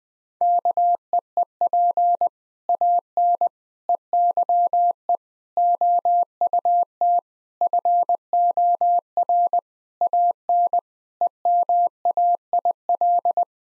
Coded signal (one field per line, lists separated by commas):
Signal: Morse code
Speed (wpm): 20 wpm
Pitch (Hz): 700 Hz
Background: none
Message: KEEP AN EYE OUT FOR AN EMAIL